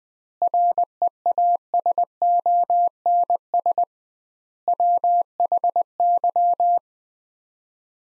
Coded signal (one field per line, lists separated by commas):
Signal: Morse code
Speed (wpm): 20 wpm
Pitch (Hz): 700 Hz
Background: none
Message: REASONS WHY